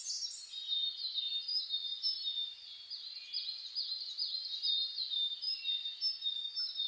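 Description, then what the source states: Dense bird chorus of high-pitched trills and chirps running continuously. Dawn chorus (reimei) of birdsong (saezuri), recorded on 10 May 2010 at 04:01 with a DH-D50 recorder.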